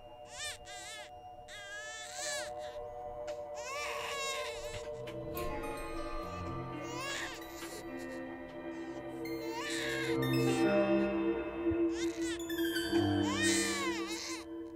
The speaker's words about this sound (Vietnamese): Trong cơn mơ hồ, gã nghe có tiếng trẻ con. Đúng là tiếng trẻ con khóc choe choé. Tiếng trẻ con khóc giữa đêm nghe rõ lắm, nghe rát cả ruột cả gan.